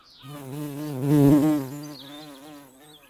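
Bumblebee buzzing with a deep, droning hum that swells loudly for a moment and then fades.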